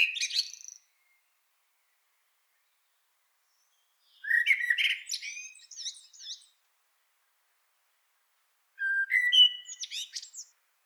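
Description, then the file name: Eurasian blackbird song: three short phrases a few seconds apart, mixing low fluted warbling with high squeaky twittering, quiet between phrases. "Turdus merula"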